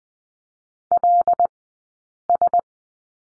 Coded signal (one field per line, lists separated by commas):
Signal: Morse code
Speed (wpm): 20 wpm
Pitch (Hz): 700 Hz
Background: none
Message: LS